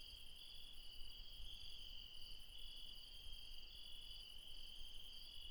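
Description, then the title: Insects chirring steadily in a dense high trill, a fast pulsing shimmer above, with a soft low hum in the background. Insects calling late at night in the mountains at Refuge Krevatia, Dion, Greece. "Refuge Krevatia, Μπαρμπαλά, Dion 601 00, Greece - Late night mountain insects"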